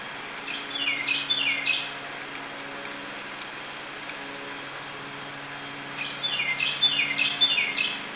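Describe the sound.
Bird calls, quick series of high rising-and-falling chirps given in two bursts a few seconds apart, over a steady low rumbling hum.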